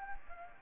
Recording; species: mosquito wingbeat signal from an infrared sensor; Anopheles gambiae